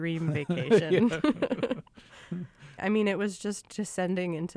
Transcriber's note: laughter